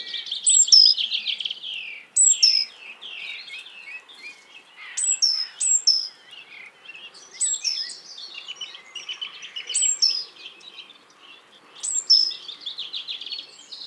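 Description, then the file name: Great tit calling almost nonstop, busy bursts of high chips and thin downslurred whistles, with brief pauses between phrases. "Parus major"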